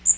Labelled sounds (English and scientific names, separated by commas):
Magnolia Warbler (Setophaga magnolia) flight call